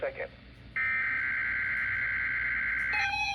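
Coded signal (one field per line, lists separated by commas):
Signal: Emergency Alert System (SAME) tones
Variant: header bursts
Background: speech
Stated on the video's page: Tornado Watch relayed on NOAA Weather Radio from the Birmingham office for Randolph County, Alabama.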